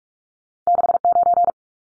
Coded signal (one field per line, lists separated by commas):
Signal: Morse code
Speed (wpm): 44 wpm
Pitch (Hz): 700 Hz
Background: none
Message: 69